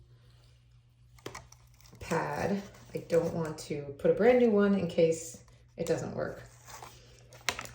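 An old cleaning pad card is pushed into the pad slot on the underside of an iRobot Brave Jet model 245 robot mop, used instead of a brand new one in case the mop, which has a wheel issue, doesn't work. Someone talks while soft crinkling and light taps sound around 1.2 to 1.9 s, followed by a sharp tap near 7.5 s. The pad is not put in correctly, and nothing has seated or clicked yet.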